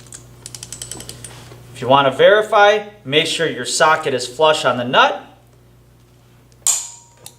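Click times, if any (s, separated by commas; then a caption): 6.7 s. A click-type torque wrench, its socket seated flush on a flywheel bolt nut on an engine, is pulled to tighten the bolt while someone talks, after a short run of light ratcheting ticks near the start. At 6.7 s the wrench releases with a sharp click at its set torque, confirming the bolt meets specification.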